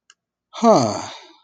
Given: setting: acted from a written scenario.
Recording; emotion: vocal sound without words; confusion